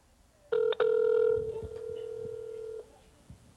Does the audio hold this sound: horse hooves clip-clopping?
no